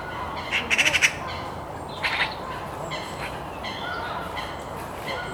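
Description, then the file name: Eurasian magpie making a short rattling chatter followed by a briefer harsh burst, with soft calls of other birds in the background. "Pica pica"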